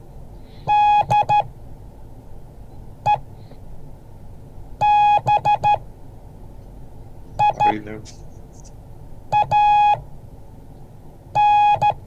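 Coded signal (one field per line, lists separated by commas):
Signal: Morse code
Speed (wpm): 13 wpm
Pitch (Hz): 830 Hz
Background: speech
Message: DEBIAN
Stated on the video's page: Morse code class.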